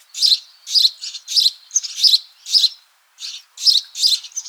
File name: Passer domesticus